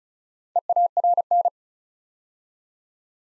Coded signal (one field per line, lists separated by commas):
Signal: Morse code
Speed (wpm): 36 wpm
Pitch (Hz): 700 Hz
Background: none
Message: EARN